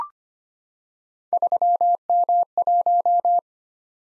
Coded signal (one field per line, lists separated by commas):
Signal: Morse code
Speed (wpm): 26 wpm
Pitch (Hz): 700 Hz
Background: none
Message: 3M1